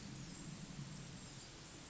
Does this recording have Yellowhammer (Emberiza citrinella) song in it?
no